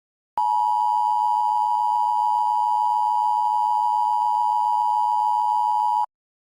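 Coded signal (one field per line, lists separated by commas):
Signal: Emergency Alert System (SAME) tones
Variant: 853 and 960 Hz attention tone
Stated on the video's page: Fictional EAS scenario, not a real alert.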